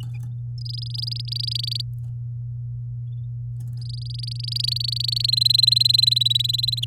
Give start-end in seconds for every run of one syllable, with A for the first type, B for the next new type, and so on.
0.58-1.81 A, 3.81-5.26 A, 5.28-6.84 B